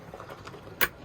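A window on a Scout Olympic truck camper is lifted on its stay arm, with faint light ticks before a sharp, bright click at 0.8 s. The stay arm seats into the first of its three hold-open detent positions.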